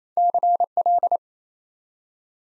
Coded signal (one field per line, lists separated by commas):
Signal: Morse code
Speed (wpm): 27 wpm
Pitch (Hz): 700 Hz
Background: none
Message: CL